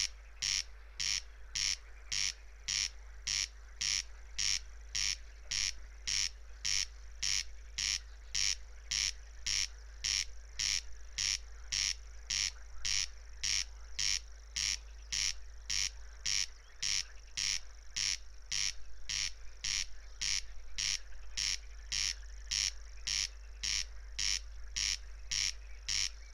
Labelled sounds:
Corn Crake song

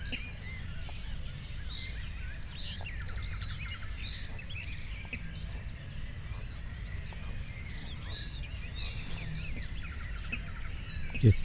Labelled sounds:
Spotted Crake

